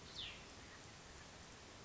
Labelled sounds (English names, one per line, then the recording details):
Cassin's Vireo
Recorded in Sonoma County, California